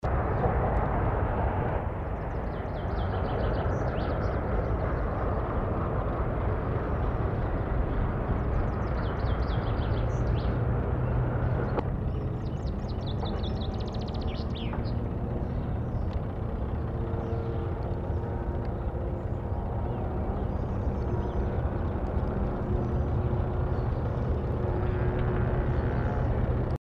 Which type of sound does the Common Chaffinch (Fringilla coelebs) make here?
song